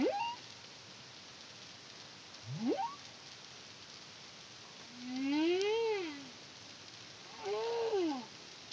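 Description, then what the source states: Humpback whale song: a short high rising note, an upsweep, then two long arched moans that rise and fall, over steady underwater hiss. Song recorded in the Caribbean under the CARIMAM project in 2023.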